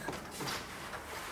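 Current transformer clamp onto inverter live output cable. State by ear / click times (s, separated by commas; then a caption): not seated / none. A clamp-on current sensor (CT clamp) with plastic jaws is being handled around the red-taped live output wire of a 16 kW Deye solar inverter installation. Only low handling and rustling noise is heard, with no sharp click. The clamp has not snapped shut or locked in place yet.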